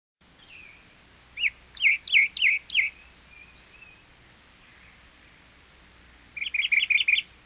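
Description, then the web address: Olive warbler song: a run of five loud, ringing notes with faint softer notes around it, then a quicker burst of about six similar notes. "101 Bird Songs. Olive Warbler"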